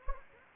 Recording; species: mosquito wingbeat signal from an infrared sensor; Anopheles gambiae